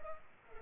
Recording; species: mosquito wingbeat signal from an infrared sensor; Culex pipiens